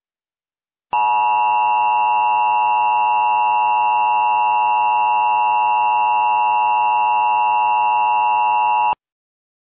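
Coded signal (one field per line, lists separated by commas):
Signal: Emergency Alert System (SAME) tones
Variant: 853 and 960 Hz attention tone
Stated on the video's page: Recreation of an EAS alert with valid EAS tones.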